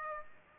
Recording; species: mosquito wingbeat signal from an infrared sensor; Aedes aegypti